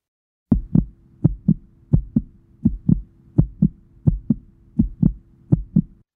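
Crisp paired lub-dub thumps repeat steadily, eight beats in under six seconds, roughly 85 per minute, with a faint low hum behind them. It is a quick heartbeat with a regular rhythm.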